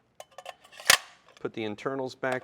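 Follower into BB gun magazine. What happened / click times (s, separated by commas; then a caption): Spring-loaded plastic part pushed in and snapped into place / 0.9 s. A spring-loaded follower is pushed back into the plastic magazine of a Barra 400E BB gun after a BB jam is cleared. A few light plastic clicks come first, then a sharp snap at 0.9 s as the follower seats and locks. Someone then talks.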